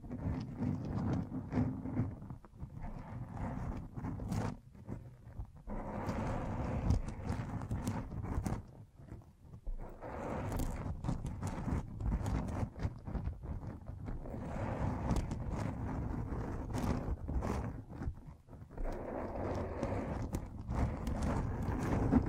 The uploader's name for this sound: Mic Brushing and Scratching